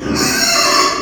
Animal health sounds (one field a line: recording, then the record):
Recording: squeal of a Yucatan mini pig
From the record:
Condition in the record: before surgery on the right vocal fold (resection and tissue-engineered implant)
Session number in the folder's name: 1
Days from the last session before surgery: -3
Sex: male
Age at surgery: 12 weeks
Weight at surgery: 13 kg